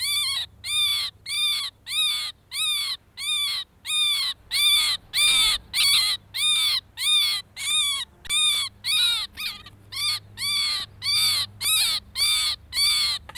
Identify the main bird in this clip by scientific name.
Recurvirostra avosetta